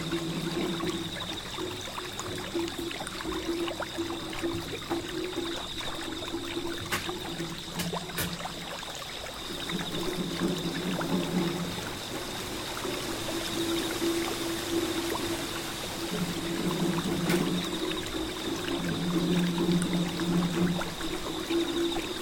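Flowing water runs steadily throughout, a dense, even rush with a faint high whine above it. Low, booming drum tones ring out in sustained stretches with short gaps, especially after ten seconds, and a few sharp clicks cut through around seven, eight and seventeen seconds.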